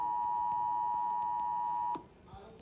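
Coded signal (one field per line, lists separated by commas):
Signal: Emergency Alert System (SAME) tones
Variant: 853 and 960 Hz attention tone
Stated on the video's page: Statewide Blue Alert relayed on an internet radio stream.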